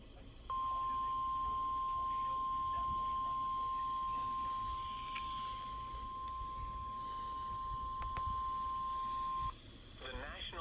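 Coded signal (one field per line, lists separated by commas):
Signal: Emergency Alert System (SAME) tones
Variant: 1050 Hz attention tone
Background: speech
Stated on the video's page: Tornado warning for a confirmed tornado, broadcast on NOAA Weather Radio station KHB40.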